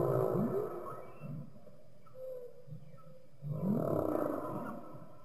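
Humpback whale song: buzzy harmonic groans with quick upward sweeps, a brief mid-pitched note in a quiet gap, then another loud rasping phrase.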